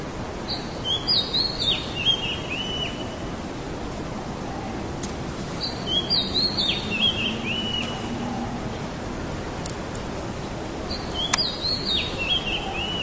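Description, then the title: Oriental magpie-robin song: three bursts of high whistled, slurred phrases spaced about five seconds apart over a steady hiss of background noise. "Kacer"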